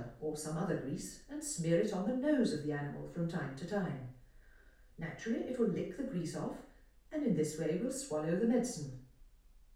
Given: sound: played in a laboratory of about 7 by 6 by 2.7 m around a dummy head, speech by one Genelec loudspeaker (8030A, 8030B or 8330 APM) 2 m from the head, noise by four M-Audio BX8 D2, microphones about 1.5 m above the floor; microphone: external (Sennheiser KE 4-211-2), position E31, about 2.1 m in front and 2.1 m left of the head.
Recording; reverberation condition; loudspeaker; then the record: female speech in English; medium; behind (180 degrees)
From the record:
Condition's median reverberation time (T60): about 510 ms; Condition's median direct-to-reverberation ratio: about -0.5 dB